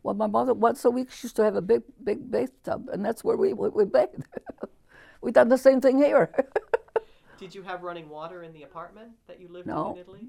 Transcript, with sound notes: Well, my mother, once a week she used to have a big bathtub, and that's where we would bathe. We got the same thing here. ( she laughs )
Did you have running water in the apartment that you lived in in Italy?